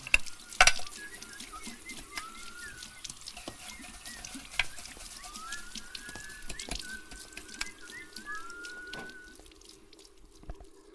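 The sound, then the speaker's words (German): Breakfast food sizzles and crackles steadily in a pan, with scattered sharp pops and the occasional scrape of stirring. Faint high chirps drift in behind it, and no one speaks. “Ja, ich mach grad Frühstück.”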